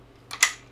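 A gimbal assembly piece, with its red tab and gold pull-down lever set opposite each other, slides into the mount of a Ronin stabilizer. A soft scrape at 0.3 s is followed by a sharp, bright click at 0.4 s as the parts lock together and seat.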